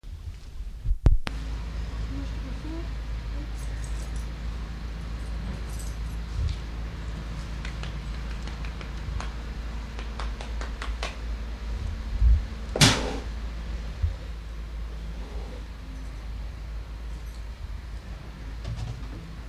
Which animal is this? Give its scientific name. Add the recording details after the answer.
Acinonyx jubatus. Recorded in captivity. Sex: female. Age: adult. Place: Zoo Leipzig, Sachsen, DE. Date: 1977-09-14. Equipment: Nagra SN, Kopie Uher Variocord. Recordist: Tembrock, Günter. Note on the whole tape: Weibchen: Stoßlaute und Knurren gegen Beobachter. Abstand 3 m